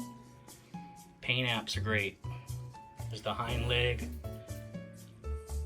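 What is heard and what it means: A plastic tail piece is being fitted into the hind section of a Mattel Brachiosaurus dinosaur figure, one of only two snap-in parts. Someone talks over steady background music, with no distinct clicks standing out. The tail has not seated or clicked into place yet.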